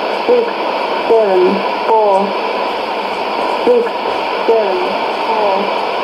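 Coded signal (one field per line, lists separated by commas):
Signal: numbers station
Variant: E17z English Lady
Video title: 01 06 2017 Numbers station E17z English Lady in English to Eu 0800 on 16780 in CUSB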